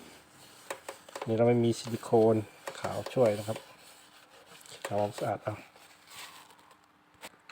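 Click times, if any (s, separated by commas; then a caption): 7.5 s. An internal part is pressed back into its mount inside a slim CRT television during reassembly after the speaker was replaced. Someone talks over soft handling and rubbing noises, then a single sharp hit at 7.5 s marks the part locking properly into position.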